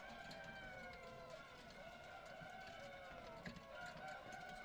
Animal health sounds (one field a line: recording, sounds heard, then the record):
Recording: poultry house recording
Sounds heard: healthy chickens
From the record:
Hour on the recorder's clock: 18